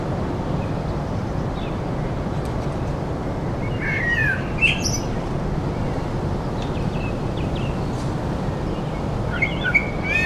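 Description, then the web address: Bird calls in two bursts of quick, slurred chirps, one near the middle and one at the end, under continuous heavy wind noise. Birdsong heard amid heavy wind blowing through trees. "Tom Hutchings Wind in Trees Heavy with Birdsong"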